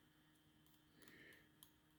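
The spider (satellite) gears of an RC car differential are worked into the differential case as the differential is turned over, with faint rubbing and light ticking heard at first. A sharp click at 1.6 s marks the gears dropping into mesh, and they are confirmed seated and engaged so the satellites turn.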